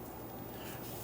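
The red plastic position lock tab on a rear ABS wheel speed sensor electrical connector of a 2010-2019 Ford Taurus is being handled after the sensor plug has been pushed onto its harness connector; the tab should slide in easily when the plug is lined up. A steady low rumble and broad hiss run throughout, with a brief rise in level at the very end around 1.1 s. Nothing has seated or clicked yet.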